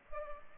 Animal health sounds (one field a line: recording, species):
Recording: mosquito wingbeat signal from an infrared sensor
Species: Culex pipiens